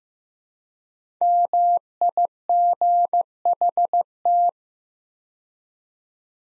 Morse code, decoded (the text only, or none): MIGHT